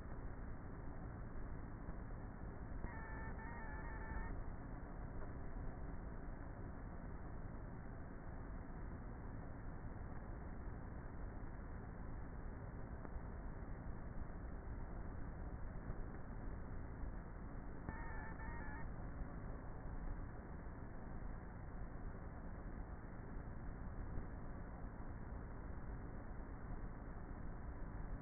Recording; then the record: honeybee colony, microphone inside the hive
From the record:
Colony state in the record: queenless with a low population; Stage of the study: before two queens were removed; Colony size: about 30,000 bees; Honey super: no